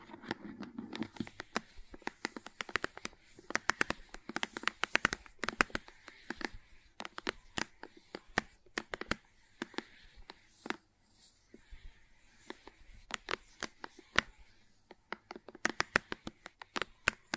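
Crayon and slime sounds with tapping: dense, irregular clicks and sharp taps all the way through, with soft squishy rustling between them.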